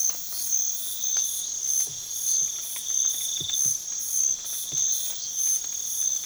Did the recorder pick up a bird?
no